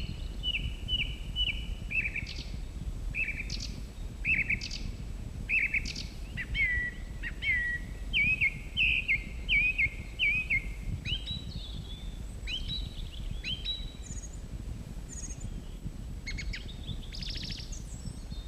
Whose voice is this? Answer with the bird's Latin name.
Turdus philomelos